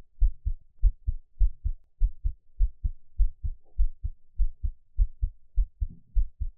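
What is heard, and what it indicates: Steady paired low thumps of an adult's own heartbeat at a fairly quick, regular pace, heard close up with no talking, made as calming ASMR for headphone listening.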